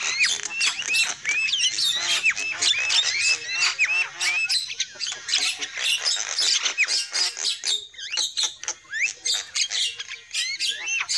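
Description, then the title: Shrill lovebird squawking pours out continuously, with many short rising and falling notes overlapping, thinning slightly toward the end. Lure call used for trapping lovebirds. "PIKAT BURUNG LOVEBIRD"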